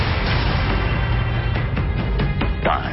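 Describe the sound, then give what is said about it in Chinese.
Bombing and gunfire: a dense, steady roar of battle sounds with deep rumbling booms underneath and sharp bursts of gunfire cracking through, plus a brief rising whistle near the end. “在漫长的岁月里，日本侵略者对北平实行残暴统治，陆河中学被炸，云居寺被炸，民居被炸，卢沟桥枪声震天，这是北平历史上最黑暗、最悲惨的时刻。”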